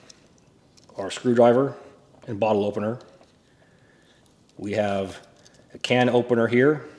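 A can opener blade on a folding multitool is handled while someone talks, with a few faint handling ticks between the phrases. The blade has not yet clicked into its open lock by the end of the clip.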